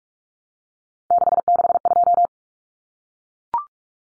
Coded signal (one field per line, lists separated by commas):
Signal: Morse code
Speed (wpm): 44 wpm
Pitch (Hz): 700 Hz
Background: none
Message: 662